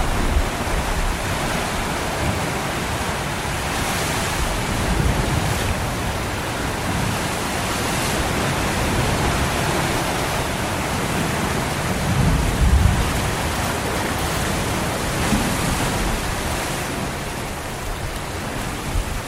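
Waves lap against the shore in a steady, dense wash of water noise that fills everything from low rumble to bright hiss. The level barely changes, with soft swells every few seconds and a slightly fuller surge around the thirteen-second mark.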